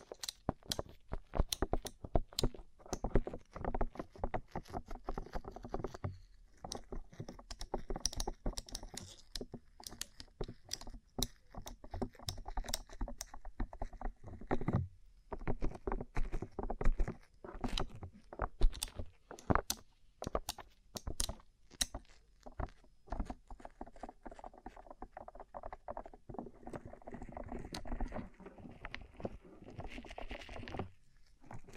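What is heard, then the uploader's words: Tapping on a rhinestone-covered surface, a rapid, irregular stream of sharp clicks and taps that runs the full length with no real pauses. The taps are bright and crisp, arriving in dense flurries, with a few brief gaps near 7, 15 and 31 seconds. ASMR Rhinestone Covered Tapping 3Dio (No Talking).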